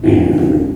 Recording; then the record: squeal of a Yucatan mini pig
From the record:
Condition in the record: before surgery on the right vocal fold (resection and tissue-engineered implant); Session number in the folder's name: 2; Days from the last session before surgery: -15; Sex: female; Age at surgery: 19 weeks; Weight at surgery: 25 kg